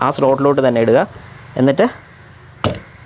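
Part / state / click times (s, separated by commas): rear wiper blade into wiper arm lock / seated / 2.6 s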